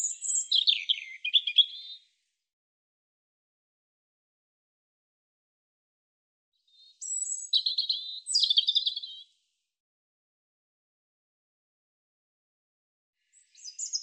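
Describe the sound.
European robin song: high, tinkling phrases of clear whistles and short trills, each about two seconds long, repeated with pauses of several seconds.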